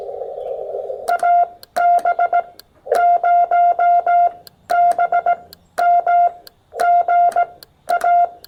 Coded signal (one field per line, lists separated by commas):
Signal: Morse code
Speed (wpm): 17 wpm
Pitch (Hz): 690 Hz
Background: none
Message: AB0BM GA